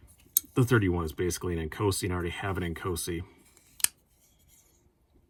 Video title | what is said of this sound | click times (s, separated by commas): I Got Paid in Epic Knives!!! - (Hinderer, Protech, Microtech, Chris Reeve) | just the way that lock up that snap you hear and things like that | 0.4 s